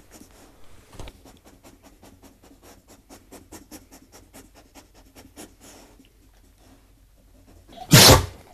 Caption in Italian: Starnuti e sbruffi normali, dovuti alla polvere.